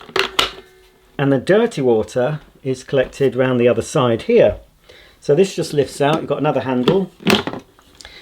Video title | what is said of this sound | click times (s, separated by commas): Shark StainStriker Spot & Stain Remover Unboxing & Demonstration | you will hear a click | 0.4 s